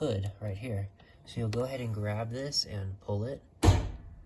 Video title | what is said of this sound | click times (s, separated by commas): How to Open Hood of 2016 Toyota Scion - The DIY Guide - Ep 151 | and then you'll hear a click what you're doing is this pull lever is connected to a wire | 3.6 s